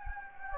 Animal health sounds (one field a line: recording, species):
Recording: mosquito wingbeat signal from an infrared sensor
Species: Anopheles gambiae